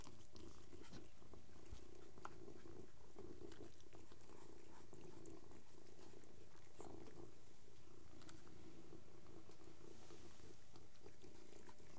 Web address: The BBC Sound Effects Library (Animals Birds) 3 cats eating and purring